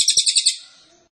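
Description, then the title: Pygmy bushtit song: a short, very high, buzzy twittering burst of about six rapid pulses, fading away within a second, with faint low clicks near the start. Champion (sang juara) cililin, "ampuh", song used as a masteran tutor recording for training cage birds. "Cililin AMPUH. Masteran Burung cililin masteran sang juara"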